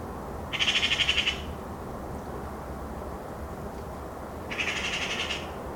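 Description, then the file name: Eurasian magpie making two rapid, harsh rattling chatters, each under a second long, separated by a pause of several seconds, over low background noise. "Pica pica"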